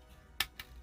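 A plastic back panel of a Transformers War for Cybertron Earthrise Snapdragon robot figure is folded down and its tabs are pressed into the slots on the figure. A sharp, bright snap at 0.4 s marks the tabs seating, followed by a softer tick at 0.6 s. The panel ends up seated in place.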